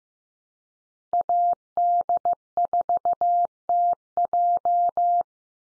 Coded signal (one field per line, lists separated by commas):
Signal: Morse code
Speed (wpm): 15 wpm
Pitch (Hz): 700 Hz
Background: none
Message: AD4TJ